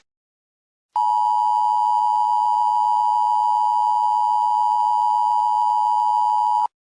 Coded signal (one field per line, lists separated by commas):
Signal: Emergency Alert System (SAME) tones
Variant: 853 and 960 Hz attention tone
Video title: Eas Scenario (Alternatives)￼￼